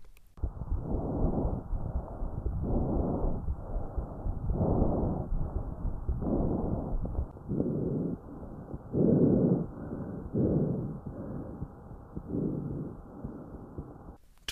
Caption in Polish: Płuca u zdrowego człowieka taki dźwięk właśnie wydają. Łagodny, dosyć przyjemny, możemy powiedzieć, taki szmerek. Nazywa się to szmer pęcherzykowy prawidłowy przypomina szum. Taki miech jakby się otwierał.